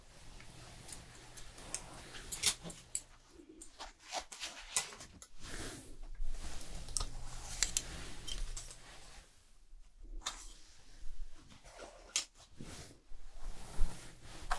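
Haircut sounds: irregular bright snips and rustling strokes throughout, with a low steady hum coming and going, and brief quiet gaps between bursts.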